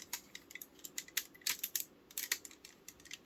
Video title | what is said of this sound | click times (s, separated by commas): (Ressha Sentai ToQger) Review of the ToQ-Oh Megazord | kind of clicks into place split | 1.2 s, 1.8 s